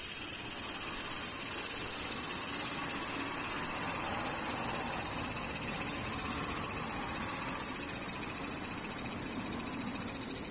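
Cicadas buzz in a dense, steady shrill drone that stays high and unbroken for the whole clip, with a faint low rumble underneath.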